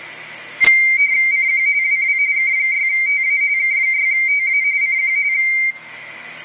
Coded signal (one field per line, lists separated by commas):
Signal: RTTY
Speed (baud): 45.45 baud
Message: CQ WW K6TA K6TA CQ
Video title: Radio Teletype (RTTY) decoded by ICOM 7410 on 10 meters